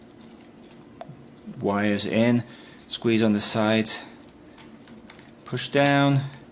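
A plastic flight battery pack for an E58 X Lite Mark II Delta Black drone is handled: its connector is plugged in, the wires are tucked in, and the pack's sides are squeezed as it is pushed down into the drone body. Someone talks over faint handling ticks, but nothing has seated or clicked yet.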